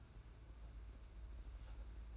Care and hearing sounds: daily activity, microphone in the room; take from stove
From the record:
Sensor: 2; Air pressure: 991.9 hPa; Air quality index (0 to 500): 234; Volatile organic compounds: 1000 ppm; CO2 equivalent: 7856 ppm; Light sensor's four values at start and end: 17/56/21/20 and 17/56/21/20

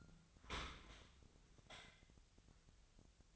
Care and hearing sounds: daily activity, microphone in the room; open dishwasher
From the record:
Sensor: 3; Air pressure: 1003.0 hPa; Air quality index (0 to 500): 195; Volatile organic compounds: 6 ppm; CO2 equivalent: 1904 ppm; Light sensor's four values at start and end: 19/46/19/21 and 19/46/20/21

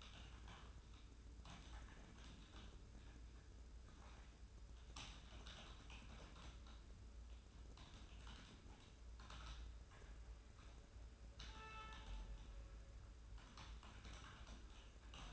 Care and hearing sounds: daily activity, microphone in the room; typing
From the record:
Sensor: 2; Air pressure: 994.3 hPa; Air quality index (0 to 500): 210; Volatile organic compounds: 1000 ppm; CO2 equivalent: 6917 ppm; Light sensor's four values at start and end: 53/124/53/54 and 54/124/53/54

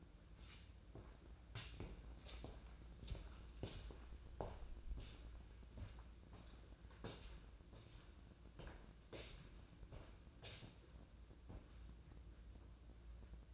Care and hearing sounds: daily activity, microphone in the room; walk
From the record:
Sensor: 2

